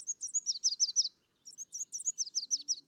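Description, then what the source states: Red warbler song: two bursts of rapid, high, thin chipping notes, the first about a second long, then a pause and a second longer run of bright repeated notes. Breeding season (February to May), clear sunny morning, when it sings; silent when cloudy; endemic to humid pine, oak and fir forests of Mexico's highlands.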